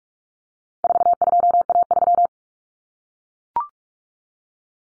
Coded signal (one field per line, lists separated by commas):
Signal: Morse code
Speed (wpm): 44 wpm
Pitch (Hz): 700 Hz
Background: none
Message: 42A3